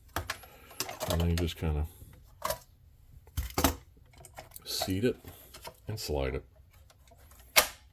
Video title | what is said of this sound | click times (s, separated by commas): Dell PowerEdge R730 Server Motherboard Replacement Tutorial | clicks back into place | 7.6 s